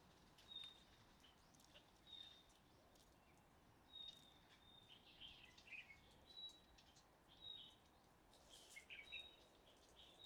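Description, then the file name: Common nightingale whistled notes: long, pure, level whistles repeated every second or two, with brief chirpy flourishes, against steady background hiss. "Luscinia megarhynchos"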